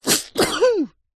Human male sneeze.